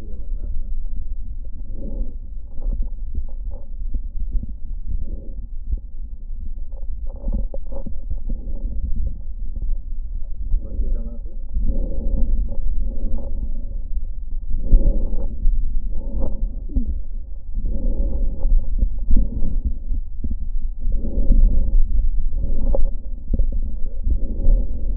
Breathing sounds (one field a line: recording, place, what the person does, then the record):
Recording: lung sounds by stethoscope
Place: left posterior apical chest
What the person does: quiet breathing, then deep breathing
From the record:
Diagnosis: COPD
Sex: female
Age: 80 years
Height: 160 cm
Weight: 62 kg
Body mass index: 24.2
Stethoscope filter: diaphragm mode